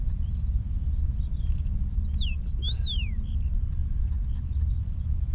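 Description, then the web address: Common rosefinch calls: a brief burst of several quick, high descending notes in the middle, with a constant deep background rumble throughout. "Common Rosefinch. صدای-پرنده-توت-خورک"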